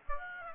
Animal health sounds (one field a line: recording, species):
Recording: mosquito wingbeat signal from an infrared sensor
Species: Aedes aegypti